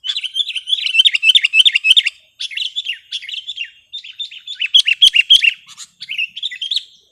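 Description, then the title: Sooty-headed bulbul singing a steady run of quick, varied chirpy phrases with brief pauses between them. "kutilang"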